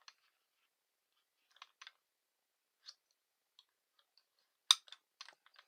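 A foam wing tip is fitted back onto the wing of an Avios King Twin 1700 mm PNF RC airplane during a repair and alignment. Soft scattered clicks and handling taps lead up to a loud, sharp click at 4.7 s as the wing tip latch snaps home and seats, followed by a few quieter taps.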